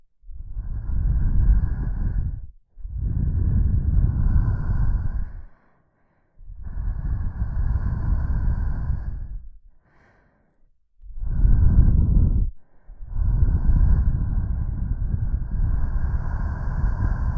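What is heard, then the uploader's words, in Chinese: Soft, gentle exhalations, long airy breaths pushed out one after another with short silent pauses between them. Each breath lasts two to four seconds, breathy and low, with a faint hiss on top. Nothing else is in the background. 轻轻柔柔的哈气。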